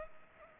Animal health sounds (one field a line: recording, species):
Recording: mosquito wingbeat signal from an infrared sensor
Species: Culex pipiens